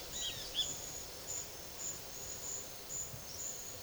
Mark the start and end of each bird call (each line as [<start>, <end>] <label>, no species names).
[0.00, 0.74] bird call